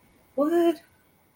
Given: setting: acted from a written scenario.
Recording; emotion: vocal sound without words; positive surprise